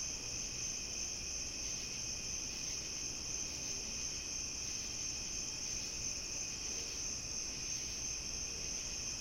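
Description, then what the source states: Crickets calling together in an unbroken shrill chorus, layered high trills holding steady throughout, with soft low rumble beneath. Summer night; binaural.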